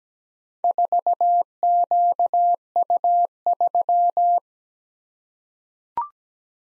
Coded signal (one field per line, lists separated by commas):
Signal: Morse code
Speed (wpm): 17 wpm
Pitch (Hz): 700 Hz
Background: none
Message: 4QU3